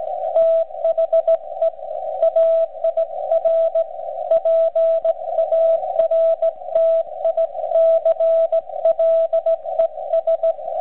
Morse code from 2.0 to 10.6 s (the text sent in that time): AIR PARTICLES